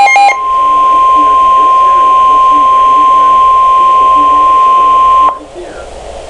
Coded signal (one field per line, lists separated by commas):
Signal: Emergency Alert System (SAME) tones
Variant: 1050 Hz attention tone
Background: speech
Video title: Severe Thunderstorm Warning - EAS #216